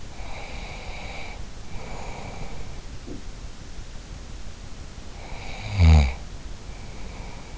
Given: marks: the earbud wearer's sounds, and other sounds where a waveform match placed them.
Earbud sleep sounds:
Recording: sounds in sleep by an in-ear microphone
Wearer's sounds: breath, snoring breath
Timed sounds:
0.04-3.24 s: breath
5.18-7.58 s: snoring breath

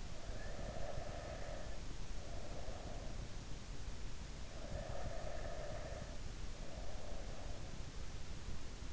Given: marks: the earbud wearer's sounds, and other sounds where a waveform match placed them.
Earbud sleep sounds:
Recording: sounds in sleep by an in-ear microphone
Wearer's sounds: breath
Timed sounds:
0.00-3.25 s: breath
4.51-7.54 s: breath

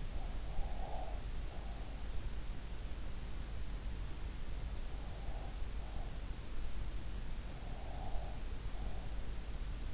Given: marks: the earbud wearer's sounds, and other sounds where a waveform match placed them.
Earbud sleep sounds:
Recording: sounds in sleep by an in-ear microphone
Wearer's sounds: breath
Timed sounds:
0.00-1.92 s: breath
7.53-9.85 s: breath

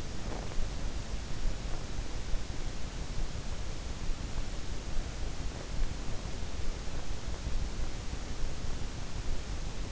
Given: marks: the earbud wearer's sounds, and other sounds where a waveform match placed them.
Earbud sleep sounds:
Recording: sounds in sleep by an in-ear microphone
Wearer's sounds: teeth grinding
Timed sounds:
0.00-0.98 s: teeth grinding

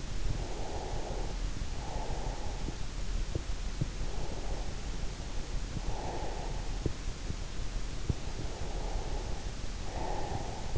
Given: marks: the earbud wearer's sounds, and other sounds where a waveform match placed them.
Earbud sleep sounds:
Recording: sounds in sleep by an in-ear microphone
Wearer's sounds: breath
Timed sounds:
0.00-2.86 s: breath
3.51-7.14 s: breath
8.05-10.78 s: breath

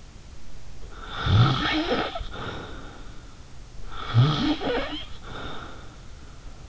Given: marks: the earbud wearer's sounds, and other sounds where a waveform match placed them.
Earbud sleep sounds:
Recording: sounds in sleep by an in-ear microphone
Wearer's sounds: snoring breath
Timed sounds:
0.89-3.43 s: snoring breath
3.90-6.03 s: snoring breath

